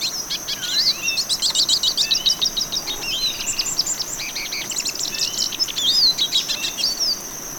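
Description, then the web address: Olivaceous siskin song, a long rambling twitter of high chirps, slurred whistles and short trills, delivered almost continuously above a steady high hiss. Ecuador. "Natures Songs S America Birds of Ecuador Olivaceous Siskin"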